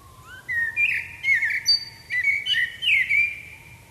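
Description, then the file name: Common blackbird delivering a continuous run of liquid, warbled whistles with squeaky high inflections. A faint thin steady tone sits lower in the background. "Turdus merula"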